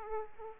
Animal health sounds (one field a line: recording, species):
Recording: mosquito wingbeat signal from an infrared sensor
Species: Aedes aegypti